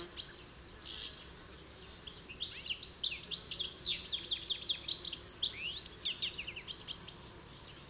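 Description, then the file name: European goldfinch song, a lively tumbling sequence of sweeping chirps, twitters and buzzy notes, nearly continuous after an early pause of about a second. "Carduelis carduelis"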